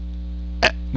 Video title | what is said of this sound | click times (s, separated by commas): Sig Sauer 1911 Extreme complete disassembly/reassembly (part 4) | with both thumbs and push up at the same time. And it snaps right in. | 0.6 s